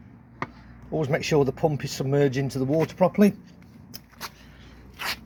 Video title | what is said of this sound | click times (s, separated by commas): Bailey Pursuit 550 2014 | and then reconnect it, just push it back until it clicks into place. | 0.4 s